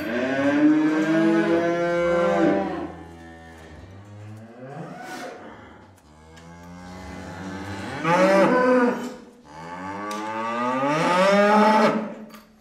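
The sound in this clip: Cow mooing, several long, harmonic-rich moos with quieter gaps between them.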